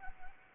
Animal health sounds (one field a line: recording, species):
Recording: mosquito wingbeat signal from an infrared sensor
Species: Anopheles arabiensis